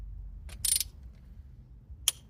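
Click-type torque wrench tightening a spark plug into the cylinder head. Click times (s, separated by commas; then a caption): 2.1 s. A click-type torque wrench tightens the last spark plug into the cylinder head of an Audi A1 during a spark plug replacement. A couple of short ratcheting bursts come early in the clip, then a single sharp click at 2.1 s marks the torque setting, and the plug is torqued to spec.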